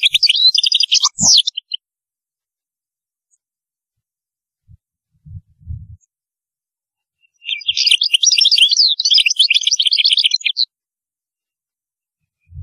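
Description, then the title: European goldfinch song, a brief twittering burst then a longer, rapid, jangling warble of high liquid notes, with a few faint low knocks between. "Chant Chardonneret"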